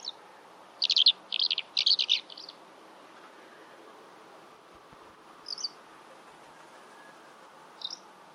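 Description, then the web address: Bird chirps: a quick burst of several high scratchy notes, then two lone high chirps later, over faint background hiss. "Deverinetal. Bird Only"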